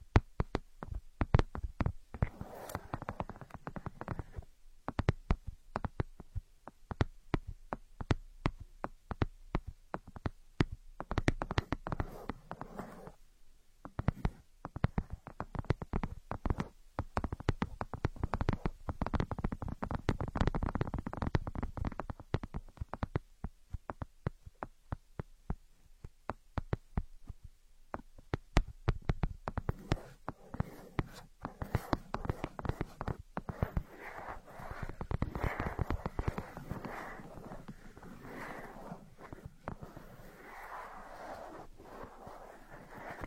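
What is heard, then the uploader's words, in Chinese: Ear picking produces dense, irregular crackles and scratchy clicks for the whole clip, over a muffled, rumbling rub. Brief lulls come near 5 and 13 seconds, and the scraping grows thicker around 20 and again near 35 seconds. 抠耳朵。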